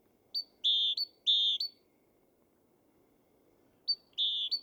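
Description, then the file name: Great tit with a clipped high note leading into a steady lower whistle, repeated twice, silence, then once more at the end. "Parus major"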